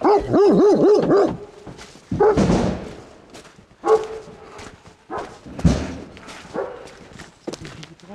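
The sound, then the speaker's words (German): A dog in a car whines in high, wavering rising-and-falling tones, then lets out several sharp, scattered barks mixed with restless whimpers. “Man muss halt die Hunde mithaben. Also wenn der schon im Auto so randaliert, kann ich mir vorstellen, zu Hause macht er auch alles kaputt, wenn er nicht beaufsichtigt wird.”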